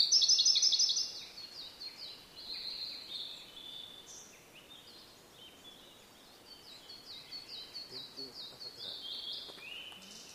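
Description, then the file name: Blue-and-white flycatcher song: a loud rapid trilled phrase at the start, then softer high whistled notes amid steady background noise. "oruri"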